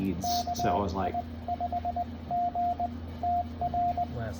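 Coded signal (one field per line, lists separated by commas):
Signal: Morse code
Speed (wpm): 18 wpm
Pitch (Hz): 700 Hz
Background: speech, radio noise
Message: KI5GTR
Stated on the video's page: CW from a Sunday morning state park outing for the NAQCC challenge, under poor band conditions.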